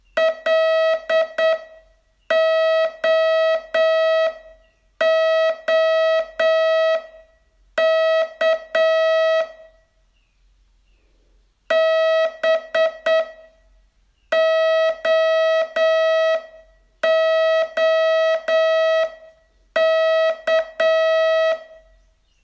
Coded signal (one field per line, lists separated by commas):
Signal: Morse code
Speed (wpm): 8 wpm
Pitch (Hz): 650 Hz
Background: none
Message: LOOK BOOK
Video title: Learn Morse in 42 Days from VU2LAU - day 25 test